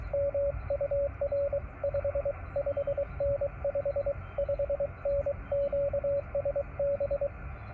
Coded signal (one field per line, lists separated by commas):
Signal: Morse code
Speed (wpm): 20 wpm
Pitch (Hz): 550 Hz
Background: radio noise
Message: MUR 55N 55N QSB